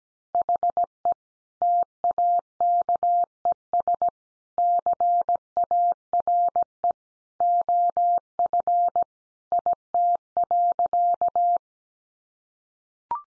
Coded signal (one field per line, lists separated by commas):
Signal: Morse code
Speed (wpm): 17 wpm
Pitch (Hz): 700 Hz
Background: none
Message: HE TAKES CARE OF IT.